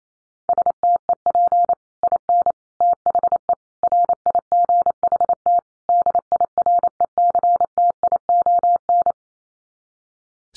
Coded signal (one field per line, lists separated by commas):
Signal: Morse code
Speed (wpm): 28 wpm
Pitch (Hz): 700 Hz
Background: none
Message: STEP IN THE RIGHT DIRECTION